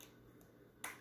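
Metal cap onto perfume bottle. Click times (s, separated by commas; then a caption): 0.8 s. A metal cap is fitted onto a perfume bottle. Two faint ticks come at about 0.0 and 0.4 seconds, then a loud, sharp snap at 0.8 seconds, and the cap seats in place, judged decent.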